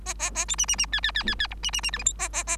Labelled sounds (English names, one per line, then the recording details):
Bengalese Finch song
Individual Bird3